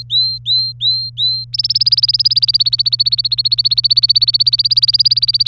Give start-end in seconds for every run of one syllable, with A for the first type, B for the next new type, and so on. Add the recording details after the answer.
0.00-1.45 A, 1.53-5.48 B. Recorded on 26 April 2018 at 15:33. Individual llb3